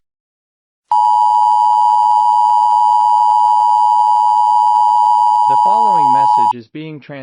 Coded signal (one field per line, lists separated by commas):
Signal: Emergency Alert System (SAME) tones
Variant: 853 and 960 Hz attention tone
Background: speech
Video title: EAS SCENARIO:apocalypse